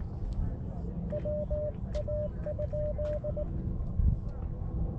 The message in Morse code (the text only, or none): WA?